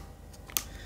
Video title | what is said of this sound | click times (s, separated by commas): MINI TRIPOD ULANZI MT-16 SUPER ASIK BUAT SELF VLOG #minitripod #contentcreator #youtuber | dia bunyi klik | 0.6 s